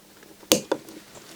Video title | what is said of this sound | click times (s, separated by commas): 59antennas diy kit part5 | hear this click? Super. | 0.5 s